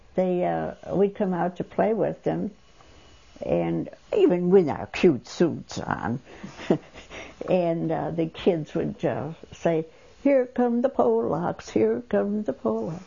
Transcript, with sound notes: They, we'd come out to play with them, and we had our cute suits on. ( she laughs ) And the kids would say, "Here come the Pollacks, here come the Pollacks."